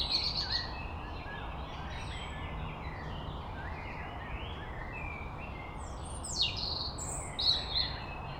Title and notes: Les Corbières, Pugny-Chatenod, Savoie, Auvergne-Rhône-Alpes, France métropolitaine, 73100, France - rouge_gorge. Au bord du chemin dans les bois , le chant d'un rouge-gorge au premier plan , quelques merles alentour et en fond les bruits permanents de la circulation sur l'autoroute A41 à quelques Km, c'est le lot d'une grande partie des pentes du Mont Revard